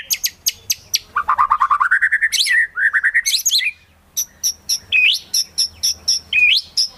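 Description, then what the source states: White-rumped shama song with rapid repeated clicking chirps, a rising series of fast notes, then spaced sharp chirps and a brief whistle. Song used as a lure for trapping birds.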